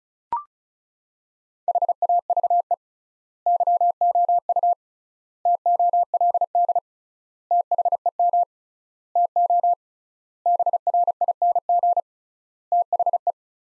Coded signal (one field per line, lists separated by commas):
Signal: Morse code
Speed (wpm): 34 wpm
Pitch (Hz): 700 Hz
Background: none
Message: HAVE YOU TOLD THEM TO BRING THE